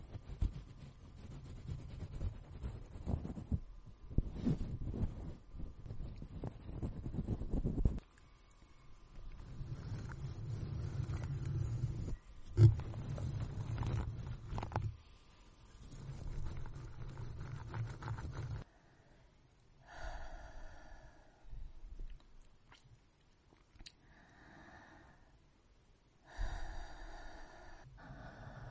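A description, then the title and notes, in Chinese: Gentle breathing and soft rubbing sounds, low, swell in uneven waves, then thin after twenty seconds into quieter, squeakier brushing. 温柔的呼吸音摩擦音。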